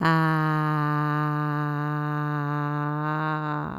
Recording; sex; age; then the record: sustained vowel /a/; female; 50 to 59 years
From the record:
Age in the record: 54 years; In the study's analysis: included